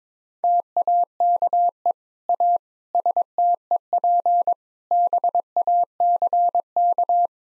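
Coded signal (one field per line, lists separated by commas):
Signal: Morse code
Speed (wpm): 22 wpm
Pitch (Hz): 700 Hz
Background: none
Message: TAKE A STEP BACK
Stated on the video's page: Morse code practice at 22 wpm: sentences built from common eight-word phrases, each sent, then spoken, then sent again, for head-copy training.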